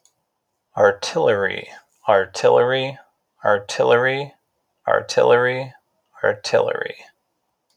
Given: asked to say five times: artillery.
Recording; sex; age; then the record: repeated word; male; 40 to 49 years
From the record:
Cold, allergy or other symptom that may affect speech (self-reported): no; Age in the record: 40 years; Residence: Arizona, United States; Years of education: 12